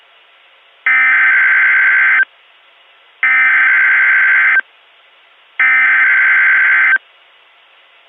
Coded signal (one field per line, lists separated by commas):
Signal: Emergency Alert System (SAME) tones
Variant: header bursts